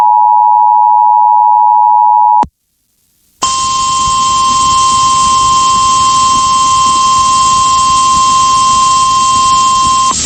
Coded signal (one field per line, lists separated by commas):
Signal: Emergency Alert System (SAME) tones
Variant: 853 and 960 Hz attention tone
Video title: EAS severe thunderstorm warning in Jackson, Mississippi (12-14-2022) KALT-FM